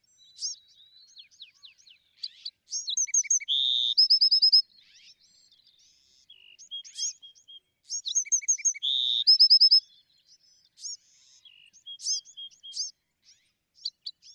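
Bewick's wren singing the same phrase twice, about six seconds apart: sharp high notes, a buzzy hum, then a rapid ringing trill, with scattered soft chips between.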